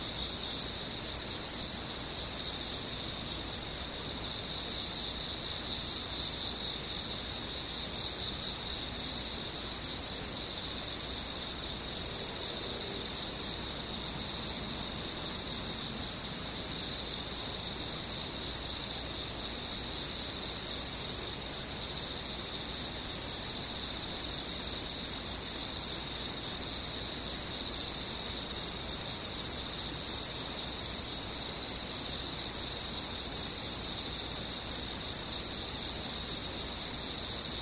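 Insects sing steadily, with a high, bright chirping pulse repeating at an even pace about twice every three seconds. Beneath it runs a continuous thinner trill, and a faint low hiss fills the background throughout.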